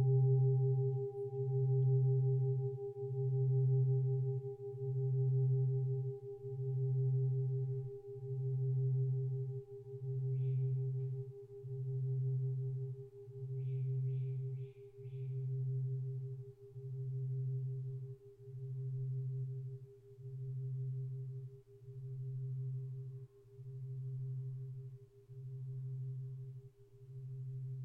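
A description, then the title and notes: A singing bowl rings with a steady, pure tone, a clear mid note and a fainter higher overtone held throughout. Beneath it a low hum pulses in regular slow waves, about one per second and a half. A few brief high chirps appear around ten and fourteen seconds. Singing bowl sound.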